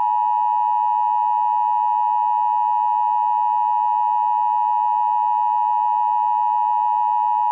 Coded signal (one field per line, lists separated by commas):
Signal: Emergency Alert System (SAME) tones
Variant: 853 and 960 Hz attention tone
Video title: EAS Scenario - Friday Night: Crystal Lake Slaughter